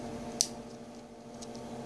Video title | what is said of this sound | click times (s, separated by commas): LG G2 screen/lcd replacement reassembly | we go so I'm snapping that plug into place | 0.4 s